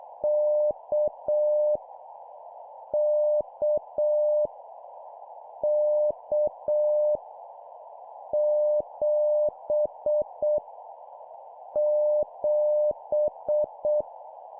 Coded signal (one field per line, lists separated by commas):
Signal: Morse code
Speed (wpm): 7 wpm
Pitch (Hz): 600 Hz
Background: none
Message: K K K 7 7